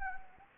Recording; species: mosquito wingbeat signal from an infrared sensor; Anopheles arabiensis